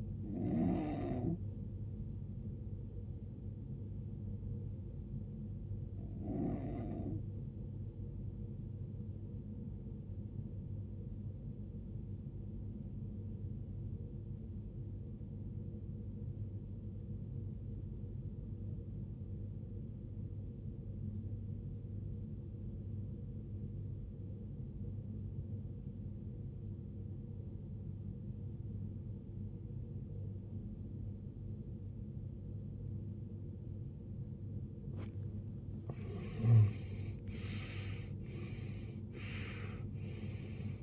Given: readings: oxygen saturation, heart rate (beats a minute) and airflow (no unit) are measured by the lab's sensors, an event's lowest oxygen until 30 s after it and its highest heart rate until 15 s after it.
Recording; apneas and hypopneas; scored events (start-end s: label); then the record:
breathing in sleep by a smartphone at the bedside; 1
11.00-36.80 s: obstructive apnea (N2, oxygen 94% highest, then 87% lowest, heart rate 72 at the start, 80 highest)
From the record:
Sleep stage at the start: N2 (light sleep); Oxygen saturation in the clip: 85 to 94%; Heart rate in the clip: 43 to 72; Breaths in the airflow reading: 5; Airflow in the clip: -21.4 to 20.0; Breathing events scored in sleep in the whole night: 389 in 6.3 hours asleep